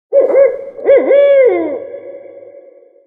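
Owl hooting: two wavering mid-pitched hoots with rich overtones, the second longer and sliding down before slowly fading out.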